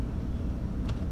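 A section of rubber weather stripping on a C5 Corvette FRC/Z06 roof trim, which had not clicked into its retainer, is massaged into it by hand over a steady low rumble. A short, soft click at 0.9 s marks the section seating in the retainer.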